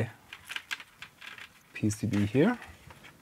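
A flat flex ribbon cable is being handled at the connector of a small HDMI adapter board inside a cramped Amiga 600 case, which has a plastic retaining clip with one end broken off that still locks. Faint handling ticks and taps are heard around 0.3, 0.5, 0.6, 0.7, 1.0 and 1.4 seconds, with someone talking near the end. Nothing has seated or clicked yet.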